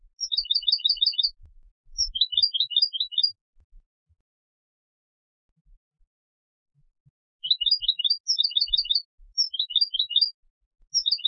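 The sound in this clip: European goldfinch calling in several short bursts of quick, high, tinkling chirps separated by pauses, some phrases broken into small groups of notes.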